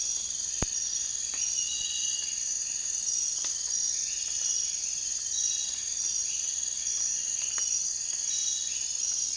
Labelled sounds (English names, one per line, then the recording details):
none
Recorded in dense forest near Puerto Asís, Putumayo, Colombia, on 19 June 2025 at 03:00
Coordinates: 0.466, -76.327
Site GP04